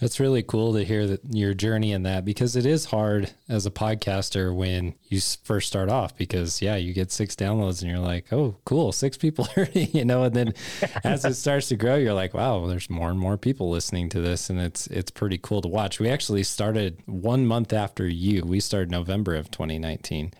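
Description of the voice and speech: A man speaks fluently in a relaxed, conversational tone at an even pace, with ordinary clear voicing.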